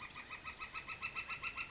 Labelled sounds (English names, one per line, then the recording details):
Northern Flicker
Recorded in Sonoma County, California